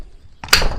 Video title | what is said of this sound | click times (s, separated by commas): BOB Gear Rambler Jogging Stroller Review | down locks in place | 0.4 s, 0.5 s